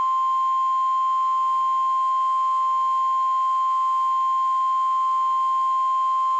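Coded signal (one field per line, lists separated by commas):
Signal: Emergency Alert System (SAME) tones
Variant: 1050 Hz attention tone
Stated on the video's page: Compilation of real EAS alerts received on one day.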